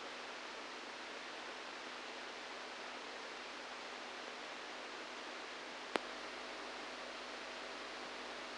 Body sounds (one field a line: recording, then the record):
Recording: brain microelectrode recording played as sound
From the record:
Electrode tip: inside the subthalamic nucleus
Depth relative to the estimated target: -3 mm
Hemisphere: right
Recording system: NeuroSet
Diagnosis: Parkinson's disease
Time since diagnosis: 7 years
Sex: male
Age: 69 years